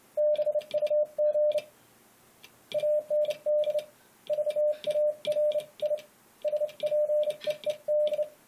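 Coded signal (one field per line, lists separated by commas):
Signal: Morse code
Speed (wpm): 30 wpm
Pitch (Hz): 600 Hz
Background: radio noise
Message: BUG AND VARI SPEED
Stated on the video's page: Sent on a Les Logan Speed X 500 bug with Vari-Speed.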